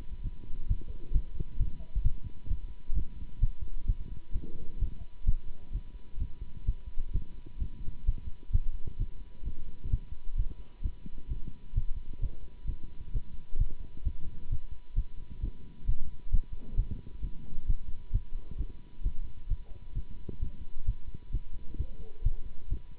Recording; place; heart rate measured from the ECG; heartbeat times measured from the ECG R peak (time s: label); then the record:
heart sounds by stethoscope; between the tricuspid and mitral areas; 131 bpm
0.23 s: heartbeat
0.68 s: heartbeat
1.13 s: heartbeat
1.58 s: heartbeat
2.03 s: heartbeat
2.49 s: heartbeat
2.94 s: heartbeat
3.40 s: heartbeat
3.86 s: heartbeat
4.33 s: heartbeat
4.79 s: heartbeat
5.26 s: heartbeat
5.72 s: heartbeat
6.19 s: heartbeat
6.66 s: heartbeat
7.12 s: heartbeat
7.59 s: heartbeat
8.06 s: heartbeat
8.52 s: heartbeat
8.98 s: heartbeat
9.44 s: heartbeat
9.90 s: heartbeat
10.37 s: heartbeat
10.83 s: heartbeat
11.29 s: heartbeat
11.75 s: heartbeat
12.20 s: heartbeat
12.66 s: heartbeat
13.12 s: heartbeat
13.58 s: heartbeat
14.04 s: heartbeat
14.50 s: heartbeat
14.95 s: heartbeat
15.41 s: heartbeat
15.86 s: heartbeat
16.31 s: heartbeat
16.76 s: heartbeat
17.21 s: heartbeat
17.67 s: heartbeat
18.12 s: heartbeat
18.57 s: heartbeat
19.03 s: heartbeat
19.48 s: heartbeat
19.94 s: heartbeat
20.40 s: heartbeat
20.86 s: heartbeat
21.31 s: heartbeat
21.77 s: heartbeat
22.23 s: heartbeat
22.69 s: heartbeat
From the record:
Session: Bruce protocol treadmill stress test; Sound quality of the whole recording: good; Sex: male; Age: 24 years